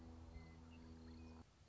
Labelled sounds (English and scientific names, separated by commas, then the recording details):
Western Meadowlark (Sturnella neglecta)
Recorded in Sonoma County, California